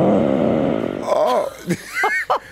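Harsh, rattling snore followed by high, siren-like whistling tones: loud, noisy snoring in a child.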